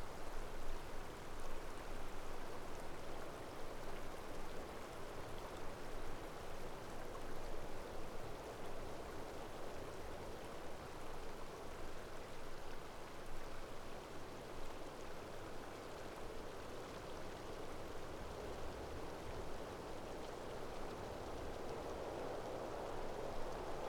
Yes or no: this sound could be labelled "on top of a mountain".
yes